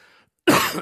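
A single abrupt, fairly loud cough burst from an adult comes after a brief near-silence, with a rough, throaty quality. It is an isolated dry, very tickly cough, with no wheeze or wet rattle.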